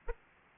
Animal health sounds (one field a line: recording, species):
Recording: mosquito wingbeat signal from an infrared sensor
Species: Aedes aegypti